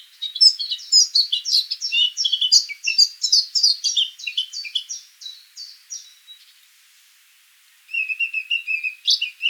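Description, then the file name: Eurasian blackcap song: a fast, rich warble of scratchy and fluty notes running about six seconds, a brief silence, then a second phrase begins. "Sylvia atricapilla"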